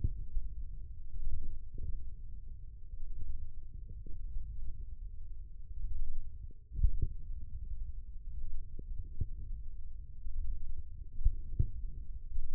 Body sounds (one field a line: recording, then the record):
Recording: forearm muscle sounds (acoustic myography)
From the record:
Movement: wrist extension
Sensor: system 1, eight BSWA MPA416 microphones around the upper forearm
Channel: 3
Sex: male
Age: 20 years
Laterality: left